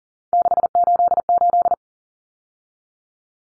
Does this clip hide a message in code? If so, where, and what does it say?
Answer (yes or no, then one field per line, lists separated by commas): yes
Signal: Morse code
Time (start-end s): 0.3-1.7 s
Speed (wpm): 40 wpm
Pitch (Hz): 700 Hz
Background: none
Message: 688